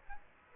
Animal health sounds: mosquito wingbeat signal from an infrared sensor; Aedes aegypti

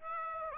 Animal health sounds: mosquito wingbeat signal from an infrared sensor; Aedes aegypti

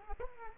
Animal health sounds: mosquito wingbeat signal from an infrared sensor; Aedes aegypti

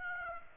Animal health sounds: mosquito wingbeat signal from an infrared sensor; Aedes aegypti

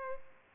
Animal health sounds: mosquito wingbeat signal from an infrared sensor; Culex pipiens

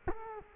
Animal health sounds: mosquito wingbeat signal from an infrared sensor; Culex quinquefasciatus

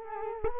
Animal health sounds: mosquito wingbeat signal from an infrared sensor; Culex quinquefasciatus

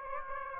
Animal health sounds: mosquito wingbeat signal from an infrared sensor; Aedes aegypti

